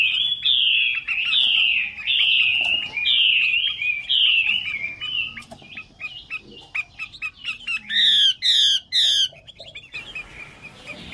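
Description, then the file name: Chinese hwamei song, a rich run of loud slurred whistles around mid-high pitch, ending in several bright descending buzzy phrases, then quieter chatter. Female bird singing. "Tieng chim hoa mi mai hot"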